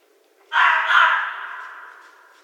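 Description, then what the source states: Red fox giving a single harsh, raspy scream that starts abruptly and fades away slowly over about two seconds. Recorded 11 January 2012.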